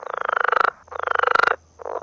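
Frog croaking in rapid pulsed trills: two long rattling bursts and the start of a third, each made of quick regular pulses.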